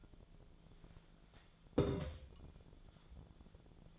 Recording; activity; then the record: daily activity, microphone in the room; take from stove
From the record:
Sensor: 5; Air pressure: 1010.0 hPa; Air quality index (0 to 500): 156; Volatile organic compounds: 3 ppm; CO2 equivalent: 1515 ppm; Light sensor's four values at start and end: 236/574/244/268 and 239/577/247/273